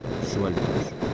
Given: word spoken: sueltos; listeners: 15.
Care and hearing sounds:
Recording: one Spanish word in noise, from a listening test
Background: noise modulated by three-talker babble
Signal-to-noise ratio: -4.0 dB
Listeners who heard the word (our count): 4 of 15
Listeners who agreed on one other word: 8 of 15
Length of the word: 0.74 s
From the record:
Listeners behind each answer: 8, 4, 2, 1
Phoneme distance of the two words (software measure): 7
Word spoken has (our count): 2 syllables, 7 phonemes, stress on syllable 1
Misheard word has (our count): 2 syllables, 6 phonemes, stress on syllable 1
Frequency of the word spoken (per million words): 5.53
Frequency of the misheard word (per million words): 16.21

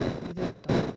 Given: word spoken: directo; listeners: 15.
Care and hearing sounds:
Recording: one Spanish word in noise, from a listening test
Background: noise modulated by one talker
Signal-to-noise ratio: -9.7 dB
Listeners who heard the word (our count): 0 of 15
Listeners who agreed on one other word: 6 of 15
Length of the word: 0.57 s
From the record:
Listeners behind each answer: 6, 4, 1, 1, 1, 1, 1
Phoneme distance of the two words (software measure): 31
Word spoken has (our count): 3 syllables, 7 phonemes, stress on syllable 2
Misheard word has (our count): 3 syllables, 8 phonemes, stress on syllable 2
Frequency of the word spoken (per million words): 50.36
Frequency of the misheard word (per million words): 227.55

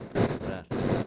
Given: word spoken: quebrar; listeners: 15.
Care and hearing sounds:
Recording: one Spanish word in noise, from a listening test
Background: noise modulated by one talker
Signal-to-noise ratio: -11.8 dB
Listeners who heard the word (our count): 0 of 15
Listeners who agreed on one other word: 6 of 15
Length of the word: 0.67 s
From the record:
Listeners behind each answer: 6, 2, 1, 1, 1, 1, 1, 1, 1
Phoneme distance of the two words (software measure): 24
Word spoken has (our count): 2 syllables, 6 phonemes, stress on syllable 2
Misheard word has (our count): 2 syllables, 6 phonemes, stress on syllable 2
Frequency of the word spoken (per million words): 3.23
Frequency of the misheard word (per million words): 102.98

